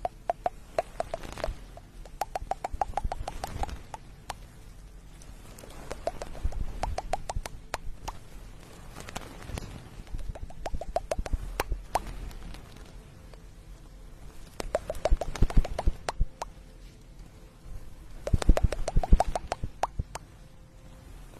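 Ear picking and ear massage: dense bursts of crackly scratching and rubbing come in waves, with low muffled thumps and brief quieter pauses between.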